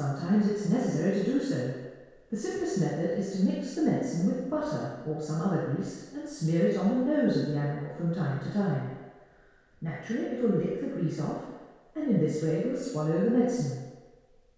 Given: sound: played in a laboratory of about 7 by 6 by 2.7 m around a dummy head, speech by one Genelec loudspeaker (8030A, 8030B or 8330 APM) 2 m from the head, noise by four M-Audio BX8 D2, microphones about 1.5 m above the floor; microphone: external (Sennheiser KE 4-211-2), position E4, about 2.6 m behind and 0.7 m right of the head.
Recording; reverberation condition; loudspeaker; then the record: female speech in English; high; 150 degrees to the right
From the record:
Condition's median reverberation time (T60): about 1300 ms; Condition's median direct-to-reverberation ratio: about -4.0 dB